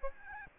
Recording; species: mosquito wingbeat signal from an infrared sensor; Aedes albopictus